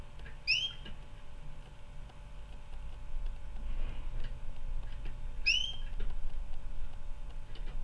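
Canary uttering two rising whistled call notes about five seconds apart, each with a quieter higher overtone, over a low rumbling background.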